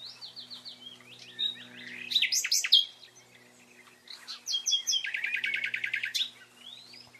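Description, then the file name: Common nightingale song: a series of repeated whistled notes, sharp sweeping notes, then a fast rattling trill, with a faint low hum throughout. "Luscinia megarhynchos"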